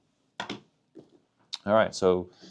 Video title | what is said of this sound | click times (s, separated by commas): Toyota Tacoma Side Accessories You NEED (Genuine Toyota OEM) | turn counterclockwise, and it snaps back in. | 0.4 s